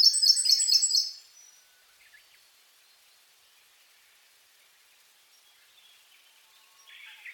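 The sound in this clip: Siberian blue robin opening with a loud rapid trill of repeated high notes for about a second, followed by near silence and a faint note near the end.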